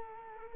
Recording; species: mosquito wingbeat signal from an infrared sensor; Culex quinquefasciatus